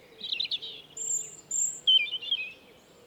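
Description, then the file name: European robin singing short high warbled phrases, a thin sustained whistle, then a bright trilled flourish, over a soft low hum. "Erithacus rubecula"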